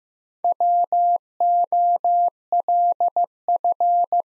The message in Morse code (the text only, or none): WOLF